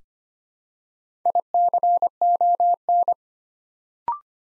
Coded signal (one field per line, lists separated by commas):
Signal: Morse code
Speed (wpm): 25 wpm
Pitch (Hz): 700 Hz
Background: none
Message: ICON